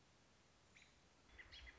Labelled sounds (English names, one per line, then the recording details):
American Robin
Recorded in Sonoma County, California